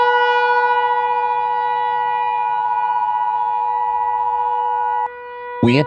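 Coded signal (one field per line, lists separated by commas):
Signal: Emergency Alert System (SAME) tones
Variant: 853 and 960 Hz attention tone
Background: speech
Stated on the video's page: EAS scenario on a zombie theme, a fictional alert.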